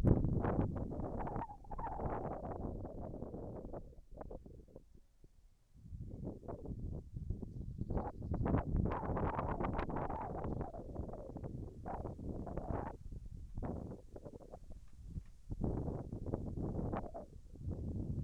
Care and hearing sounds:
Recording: everyday scene through a hearing-aid microphone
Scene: wind on the microphone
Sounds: wind, whistling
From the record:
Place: in front of a rural house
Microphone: behind the ear, left, rear

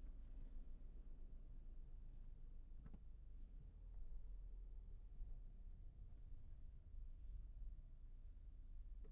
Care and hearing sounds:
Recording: everyday scene through a hearing-aid microphone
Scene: in a vehicle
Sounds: engine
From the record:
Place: Berlingo II, diesel engine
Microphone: behind the ear, left, front

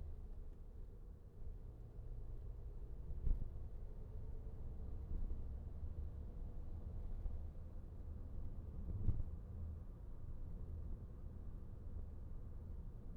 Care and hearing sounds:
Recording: everyday scene through a hearing-aid microphone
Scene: in a vehicle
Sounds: engine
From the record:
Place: VW T5 Caravelle, diesel engine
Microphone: behind the ear, right, front

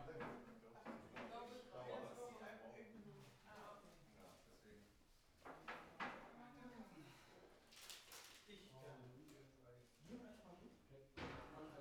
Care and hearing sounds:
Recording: everyday scene through a hearing-aid microphone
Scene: many people talking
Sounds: many voices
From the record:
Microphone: behind the ear, left, front

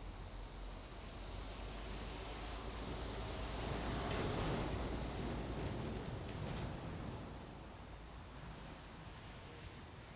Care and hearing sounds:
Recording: everyday scene through a hearing-aid microphone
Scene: in traffic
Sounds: traffic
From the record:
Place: main road on the outskirts, rush hour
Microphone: in the ear canal, left

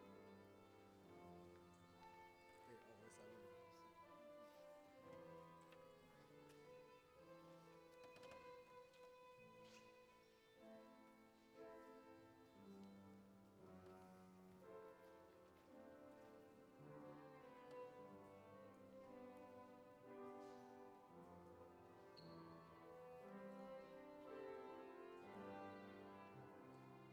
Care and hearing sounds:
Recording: everyday scene through a hearing-aid microphone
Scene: reverberant space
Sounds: music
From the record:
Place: church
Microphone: behind the ear, left, front

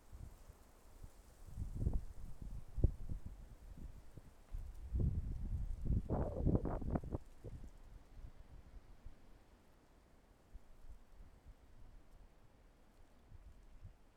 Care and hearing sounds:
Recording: everyday scene through a hearing-aid microphone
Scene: wind on the microphone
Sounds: wind, traffic, birds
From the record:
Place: suburban garden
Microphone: behind the ear, left, front

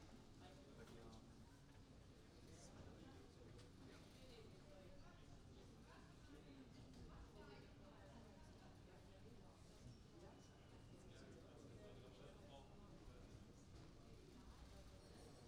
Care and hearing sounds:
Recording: everyday scene through a hearing-aid microphone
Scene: many people talking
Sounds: many voices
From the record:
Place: university cafeteria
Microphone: in the ear canal, right

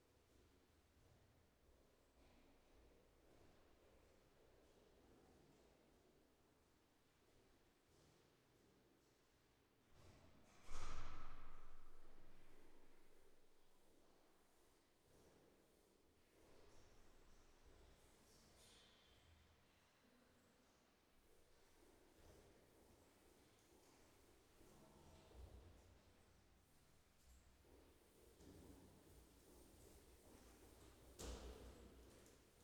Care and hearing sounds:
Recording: everyday scene through a hearing-aid microphone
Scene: reverberant space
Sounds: background noise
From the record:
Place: staircase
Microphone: behind the ear, left, front

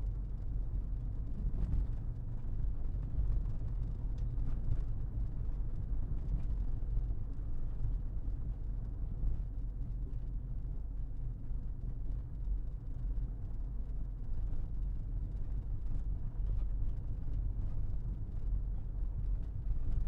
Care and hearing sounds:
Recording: everyday scene through a hearing-aid microphone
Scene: in a vehicle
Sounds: engine, rumble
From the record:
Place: Berlingo II, diesel engine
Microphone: behind the ear, left, rear

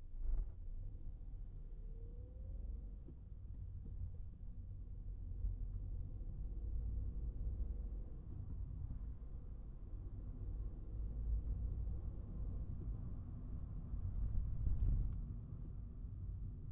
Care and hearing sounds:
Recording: everyday scene through a hearing-aid microphone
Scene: in a vehicle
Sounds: engine, traffic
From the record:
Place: Skoda Fabia, gasoline engine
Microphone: behind the ear, right, front

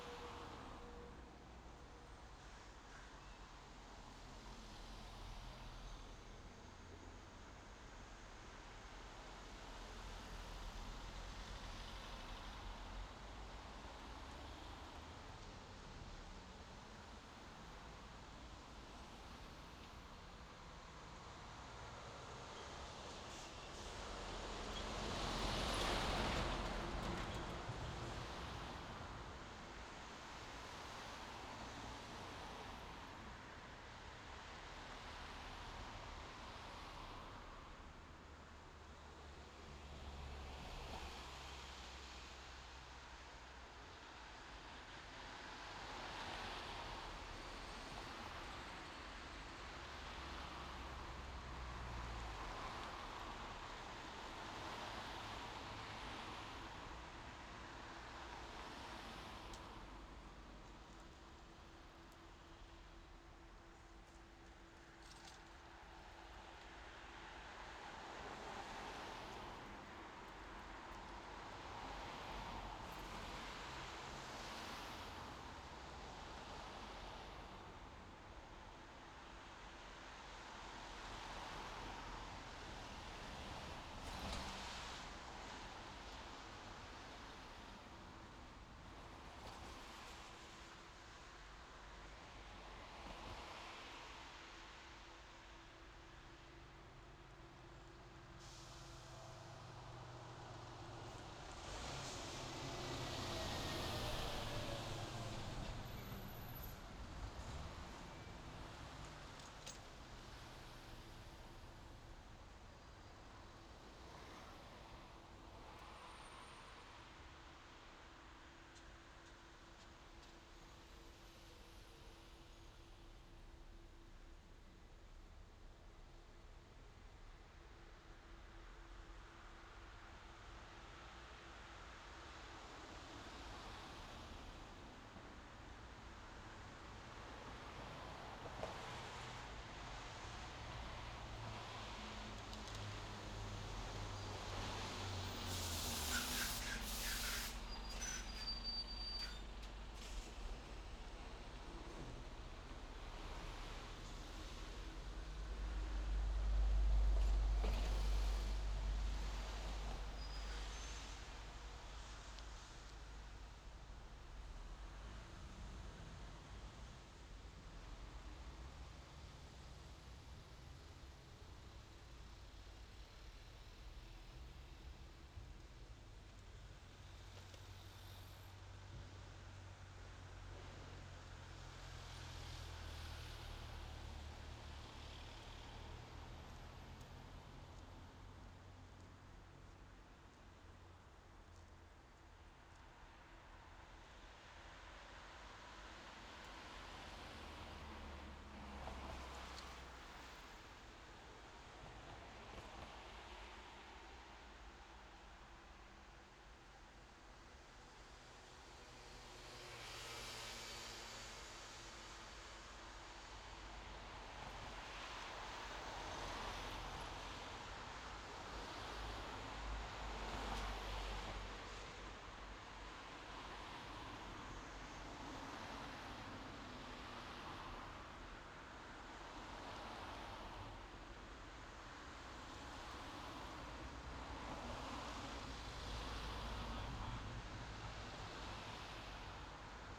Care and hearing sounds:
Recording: everyday scene through a hearing-aid microphone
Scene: in traffic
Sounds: traffic, machine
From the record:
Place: main road on the outskirts, rush hour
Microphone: in the ear canal, left

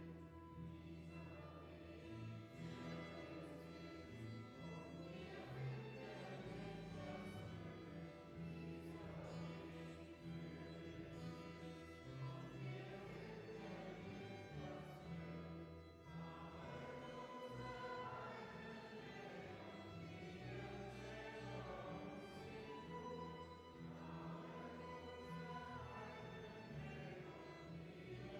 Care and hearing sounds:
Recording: everyday scene through a hearing-aid microphone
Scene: reverberant space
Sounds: music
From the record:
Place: church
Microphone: behind the ear, left, front

